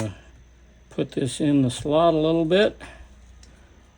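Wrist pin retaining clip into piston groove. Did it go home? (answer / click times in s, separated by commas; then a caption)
partly / 3.4 s. During a Jonsered 625 II chainsaw rebuild, a piston wrist-pin retaining clip (circlip) is pressed into its groove in the piston while someone talks. A faint, short click comes at 3.4 s as the clip starts pressing in, but it only partly seats in the groove and is not fully home.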